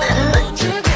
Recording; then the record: coughing mixed with background sound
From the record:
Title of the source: choking, hacking coughing